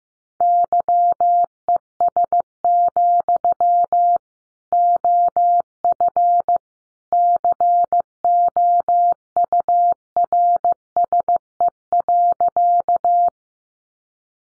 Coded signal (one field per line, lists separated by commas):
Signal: Morse code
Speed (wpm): 15 wpm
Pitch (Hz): 700 Hz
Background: none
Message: YES, OF COURSE.